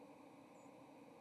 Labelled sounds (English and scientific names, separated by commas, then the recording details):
White-throated Sparrow (Zonotrichia albicollis) flight call
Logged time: 10:01 on 30 October 2014